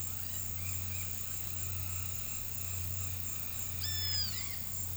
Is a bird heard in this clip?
yes